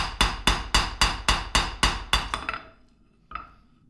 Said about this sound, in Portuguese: Que tinha dias aqui, se tivesse todo dia a forjar facas, portanto, o forjar é o aperfeiçoar a faca a martelo, eu dava em 35 a 40 mil pancadas. assim como dava, mais 100 pancadas por minuto.